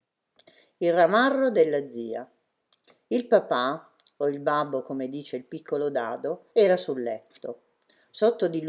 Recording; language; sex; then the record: read passage; Italian; female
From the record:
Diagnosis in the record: healthy control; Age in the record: 69 years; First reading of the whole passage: 64 s, 7.9 characters per second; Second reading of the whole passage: 54 s, 9.5 characters per second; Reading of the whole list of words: 33 s, 8.4 characters per second